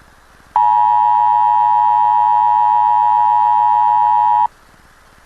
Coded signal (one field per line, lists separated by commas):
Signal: Emergency Alert System (SAME) tones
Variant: 853 and 960 Hz attention tone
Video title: Mediacom(Comcast)Emergency Alert System Test - Spring 2004